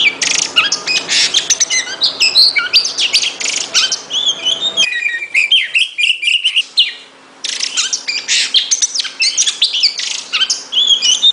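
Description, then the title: Oriental magpie-robin song of rapid, harsh and sweet mixed notes, a brief lull in the middle, then dense chirping resumes over a low background hum. "Kacer"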